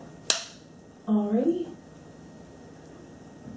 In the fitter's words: And you may hear a click here.